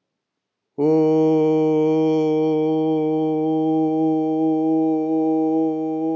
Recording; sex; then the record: sustained vowel /u/; male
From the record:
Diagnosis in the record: healthy control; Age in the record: 68 years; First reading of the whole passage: 60 s, 8.7 characters per second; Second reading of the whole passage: 55 s, 9.3 characters per second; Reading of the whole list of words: 43 s, 6.5 characters per second